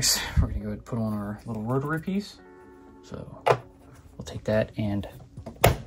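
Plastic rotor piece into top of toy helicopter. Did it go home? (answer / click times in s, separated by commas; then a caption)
yes / 5.6 s. A small plastic rotor hub piece is pressed into the top of a G.I. Joe Classified Series HasLab Dragonfly XH-1 toy assault helicopter while someone talks. One loud, sharp pop at 5.6 seconds marks the rotor piece seating into the top.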